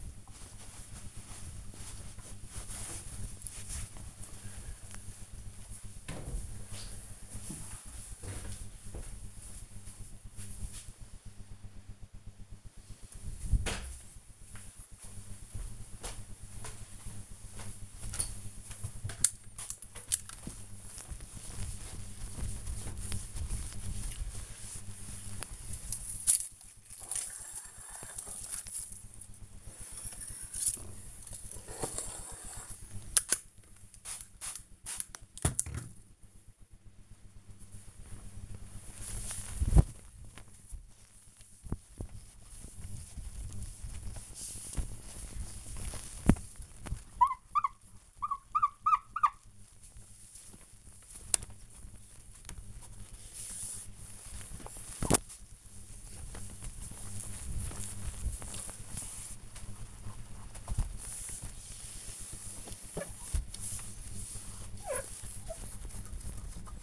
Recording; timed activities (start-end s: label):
household activities, microphone on the right wrist
18.79-66.83 s: window cleaning